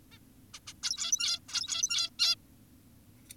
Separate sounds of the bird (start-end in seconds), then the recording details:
0.12-0.18, 0.54-0.60, 0.67-0.74, 0.83-1.40, 1.48-2.10, 2.19-2.36. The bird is an adult. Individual g17y2U